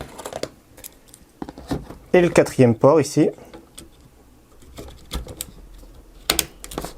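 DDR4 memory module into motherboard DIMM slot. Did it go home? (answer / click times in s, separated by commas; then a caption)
yes / 6.3 s. A second DDR4 memory module is pressed into the fourth DIMM slot on a motherboard; someone talks briefly amid small handling taps and clicks. The retention clip snaps at 6.3 s with a sharp click, and the stick is seated.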